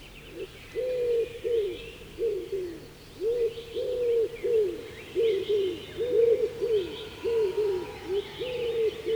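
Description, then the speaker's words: Common Wood Pigeon song: low, mellow cooing phrases of several hoots each, repeated one after another; other small birds twitter softly behind. Deep hooting often mistaken for an eagle owl; breeds even in late summer, so song season is long; common in southern and central Finland; nests in young spruces. "Vielä syyskesälläkin sepelkyykyt pesivät, ja siksi laulukausi on pitkä."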